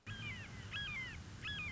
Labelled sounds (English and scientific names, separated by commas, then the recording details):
Red-shouldered Hawk (Buteo lineatus)
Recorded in Sonoma County, California